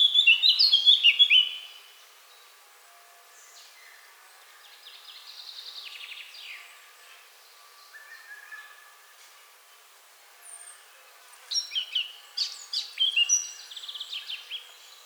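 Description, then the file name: Eurasian blackcap song: a loud whistled phrase at the start, then long stretches of faint warbling, and a moderate twittering burst around twelve to fourteen seconds. "Sylvia atricapilla"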